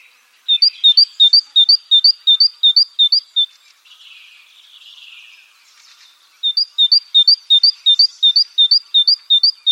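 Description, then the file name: Great tit singing two bouts of bright, see-sawing two-note phrases, each repeated rapidly and evenly, separated by a short gap with soft, hissy chatter. "Parus major"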